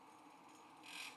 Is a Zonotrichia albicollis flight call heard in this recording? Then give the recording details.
no. No flight call is heard. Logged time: 05:54 on 5 December 2014